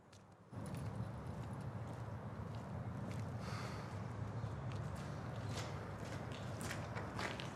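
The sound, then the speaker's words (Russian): Footsteps of a man who has got out of a sports car and walks toward an archway, at a steady pace, a dense run of scuffing, clopping steps that starts abruptly after a brief quiet moment and continues evenly to the end, with no voices. “Он вышел из машины и пошел к арке, где уже ждет Ваня.”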